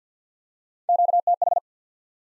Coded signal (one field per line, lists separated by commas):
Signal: Morse code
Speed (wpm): 52 wpm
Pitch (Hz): 700 Hz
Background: none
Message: QTH